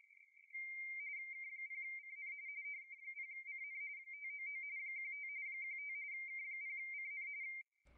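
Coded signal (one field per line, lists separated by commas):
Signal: RTTY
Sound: steady warbling two-tone chatter, rapidly flipping between two close pitches, about seven seconds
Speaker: I'll transmit my information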